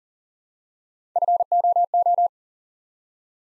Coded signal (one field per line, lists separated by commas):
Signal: Morse code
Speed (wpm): 38 wpm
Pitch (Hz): 700 Hz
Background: none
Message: FOO